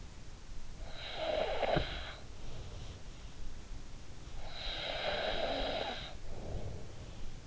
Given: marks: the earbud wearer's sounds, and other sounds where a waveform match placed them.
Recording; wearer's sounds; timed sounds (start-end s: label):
sounds in sleep by an in-ear microphone; snoring breath
0.47-2.98 s: snoring breath
4.24-7.47 s: snoring breath